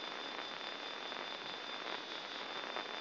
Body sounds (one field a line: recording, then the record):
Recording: brain microelectrode recording played as sound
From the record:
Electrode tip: inside the subthalamic nucleus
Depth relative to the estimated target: 2 mm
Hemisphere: left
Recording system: AlphaMap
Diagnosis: Parkinson's disease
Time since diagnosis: 11 years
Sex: male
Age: 50 years